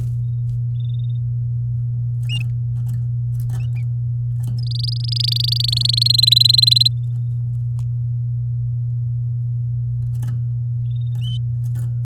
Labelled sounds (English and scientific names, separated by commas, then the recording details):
Domestic Canary (Serinus canaria) song
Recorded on 8 May 2018 at 12:13
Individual llb16